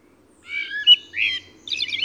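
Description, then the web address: Eurasian blackbird song fragment, a few short mellow whistled notes followed by a burst of high, scratchy twittering. "SETE data Turdus merula"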